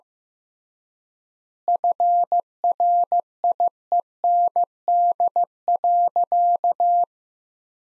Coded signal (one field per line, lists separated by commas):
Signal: Morse code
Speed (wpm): 16 wpm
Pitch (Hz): 700 Hz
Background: none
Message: FRIEND.